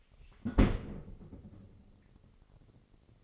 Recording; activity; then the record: daily activity, microphone in the room; close fridge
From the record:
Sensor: 4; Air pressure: 996.0 hPa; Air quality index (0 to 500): 62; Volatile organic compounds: 2 ppm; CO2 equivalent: 1111 ppm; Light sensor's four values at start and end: 15/42/16/18 and 16/43/16/18